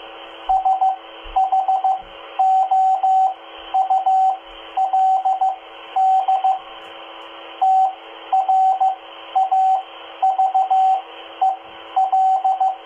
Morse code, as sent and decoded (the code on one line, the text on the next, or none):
... .... --- ..- .-.. -.. / - .-. .- ...- . .-..
SHOULD TRAVEL